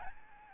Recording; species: mosquito wingbeat signal from an infrared sensor; Aedes albopictus